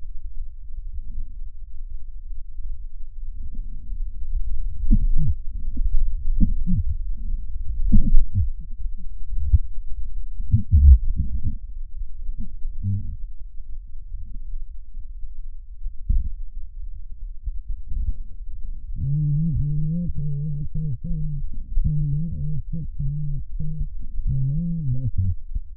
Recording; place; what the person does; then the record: lung sounds by stethoscope; left posterior basal chest; quiet breathing, then cough and speech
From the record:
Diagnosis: COPD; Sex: female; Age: 80 years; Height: 160 cm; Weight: 62 kg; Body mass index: 24.2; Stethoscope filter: bell mode